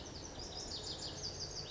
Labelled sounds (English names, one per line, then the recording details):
Lazuli Bunting
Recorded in Sonoma County, California